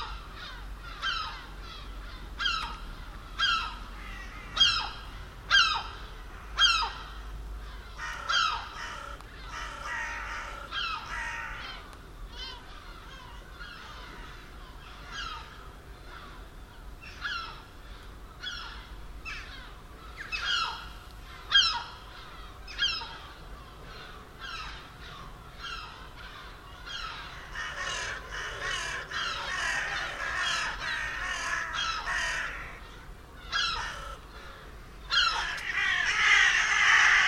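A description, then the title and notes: Seagulls, crows and jackdaws squabble overhead in a dense, overlapping chorus of harsh caws and sharp calls, coming in quick bursts every second or so throughout. A low steady hum runs underneath, and near the end a brighter, noisier wash of calls builds up. Seagulls, Crows And Jackdaws Den Haag. An 'aerial battle' above my house between seagulls, crows and jackdaws.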